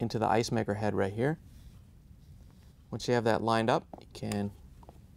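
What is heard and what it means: A plastic GE ice cube stripper (WR29X160) for a refrigerator ice maker is flexed and bowed while its locking tab is lined up with the ice maker head. Someone talks throughout, with faint handling noise between phrases. Nothing has seated or clicked yet; the part is still being held before it is released to snap into place.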